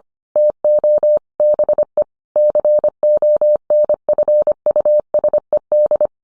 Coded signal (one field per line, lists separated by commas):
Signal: Morse code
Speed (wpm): 25 wpm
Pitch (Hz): 600 Hz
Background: none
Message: TO BE CONFUSED